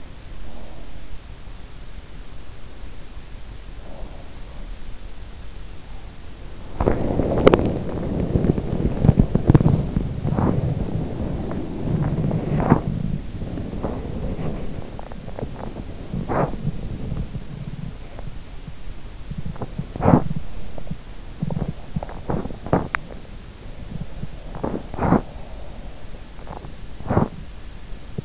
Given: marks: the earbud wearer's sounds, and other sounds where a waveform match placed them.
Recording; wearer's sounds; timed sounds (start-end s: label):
sounds in sleep by an in-ear microphone; breath, body movement, swallowing
0.36-0.94 s: breath
3.59-4.43 s: breath
6.86-28.25 s: body movement
14.69-16.05 s: swallowing
22.86-23.67 s: swallowing